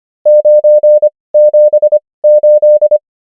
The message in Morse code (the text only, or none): 978